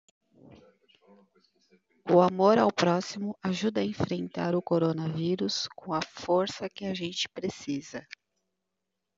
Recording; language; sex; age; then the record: spoken sentence; Brazilian Portuguese; female; 40 to 49 years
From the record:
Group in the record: control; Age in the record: 44 years